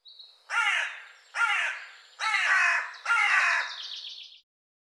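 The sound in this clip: Bird calling in a run of four hoarse caws, the last trailing into a thin rattling note.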